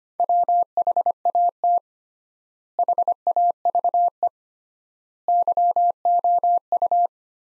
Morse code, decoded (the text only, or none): WHAT HAVE YOU